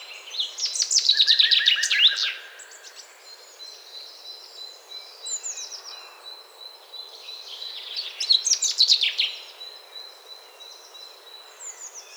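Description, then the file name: Common chaffinch song, two loud descending trilled phrases about seven seconds apart, over a steady high thin tone and softer chirps. "Fringilla coelebs"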